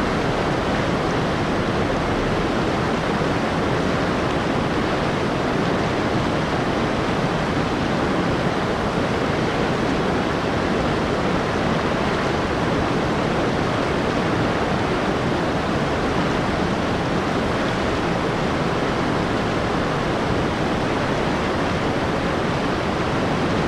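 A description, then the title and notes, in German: A fast-flowing river rushes in a dense, constant roar that fills everything from low rumble to bright hiss. The sound stays steady for the whole span, with fine churning texture but no distinct splashes or other noises. Flussgeräusche | Weißes Rauschen zum Schlafen. Kawarau-Fluss in Neuseeland. Das kraftvolle und zugleich angenehme Rauschen sowie das sanfte Fließen des Flusses. Schnell Fließende Flussgeräusche.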